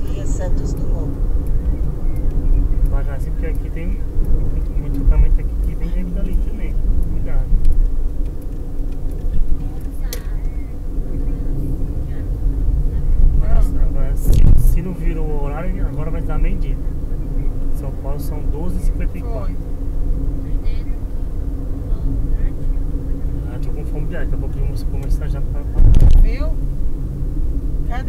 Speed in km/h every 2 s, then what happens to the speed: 77, 73, 70, 65, 62, 61, 62, 64, 66, 69, 67, 64, 61, 55.
0-9 slows to 61. 9-20 steady at about 64. 20-28 slows to 55.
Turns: none.